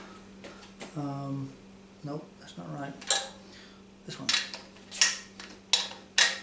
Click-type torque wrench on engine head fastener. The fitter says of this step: yeah this thing won't click to save its life so have to be real easy